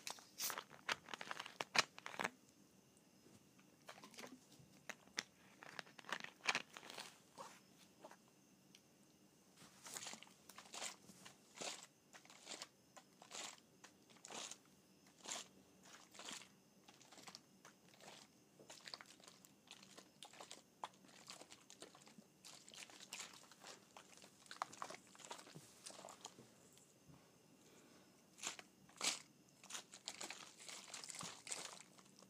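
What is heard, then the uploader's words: An icy drink is shaken, producing a dense run of sharp clinks and rattles as ice knocks inside the container. The bright, crackly bursts come in irregular clusters throughout, with brief lulls near 3, 8 and 27 seconds. ASMR Shaking an Icy Drink.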